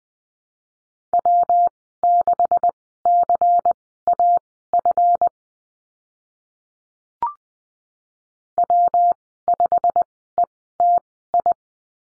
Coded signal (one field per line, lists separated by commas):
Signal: Morse code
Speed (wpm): 20 wpm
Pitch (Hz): 700 Hz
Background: none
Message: W6CAF W5ETI